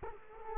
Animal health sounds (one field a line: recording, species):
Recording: mosquito wingbeat signal from an infrared sensor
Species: Culex quinquefasciatus